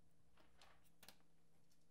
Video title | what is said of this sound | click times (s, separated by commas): Moebius 1/35 scale Jupiter 2 Pt I Landing Gear and Hull | just push down like so and snap into place pretty snugly and | 1.0 s, 1.1 s